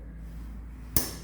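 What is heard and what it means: The inner member of a stainless steel drawer slide is pushed into the runner secured on the cabinet, with only a low steady hum until a single sharp click at 1.0 s. The inner member latches and is seated.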